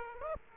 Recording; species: mosquito wingbeat signal from an infrared sensor; Aedes aegypti